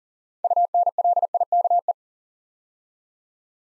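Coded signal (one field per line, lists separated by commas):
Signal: Morse code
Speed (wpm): 42 wpm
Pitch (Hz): 700 Hz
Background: none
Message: UNLIKE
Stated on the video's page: Morse practice drill at 40 wpm: 8-letter words built up two letters at a time, for instant character recognition.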